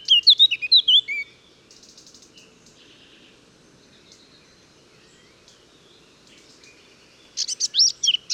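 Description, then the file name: Eurasian blackcap warbling: a short phrase of fluty, twisting notes, a long quiet stretch with faint buzzy chatter, then another energetic burst of scratchy, high notes. "Sylvia atricapilla"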